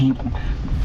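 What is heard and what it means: Someone handles a stubborn, unnamed clip or connector, pushing at its mount in an engine bay while someone talks over low, muffled handling noise. Nothing has seated or clicked yet; the part is still not home when the clip ends.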